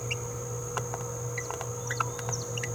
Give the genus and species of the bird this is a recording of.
Forpus passerinus